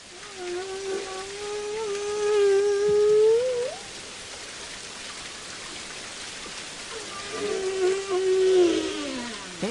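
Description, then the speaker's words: Humpback whale song: long moaning tonal units with rich harmonics, a steady low wail rising at its end, then a similar wavering moan after a pause, over faint hiss. Several humpback whales cruising through the ocean, recorded underwater while migrating through New Zealand waters. "That's the sound of humpback whales as they cruise through the ocean."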